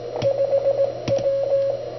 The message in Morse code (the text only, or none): 5W